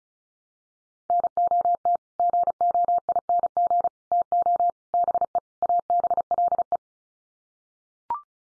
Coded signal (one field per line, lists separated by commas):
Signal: Morse code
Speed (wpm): 34 wpm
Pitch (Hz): 700 Hz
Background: none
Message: NOT GOING TO BE ABLE